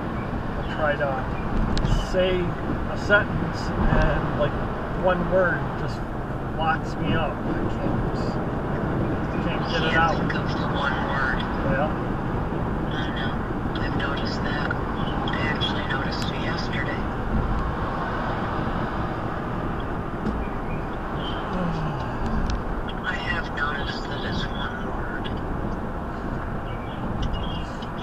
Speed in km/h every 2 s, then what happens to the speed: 90, 100, 101, 106, 109, 114, 114, 114, 114, 106, 103, 101, 100, 98.
0-10 speeds up to 114. 10-17 steady at about 114. 17-28 slows to 98.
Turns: none.